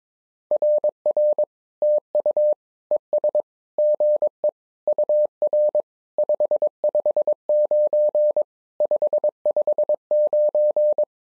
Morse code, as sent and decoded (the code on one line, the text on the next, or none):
.-. .-. / - ..- / . ... / --. . / ..- .-. / ..... ..... ----. / ..... ..... ----.
RR TU ES GE UR 559 559